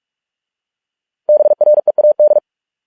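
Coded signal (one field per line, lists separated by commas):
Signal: Morse code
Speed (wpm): 46 wpm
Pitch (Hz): 600 Hz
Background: none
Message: BREAD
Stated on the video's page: Morse code practice of English words at 45 wpm.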